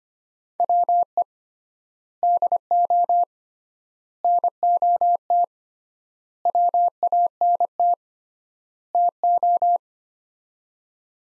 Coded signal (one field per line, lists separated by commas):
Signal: Morse code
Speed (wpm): 25 wpm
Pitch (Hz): 700 Hz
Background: none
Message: WE DO NOT WANT TO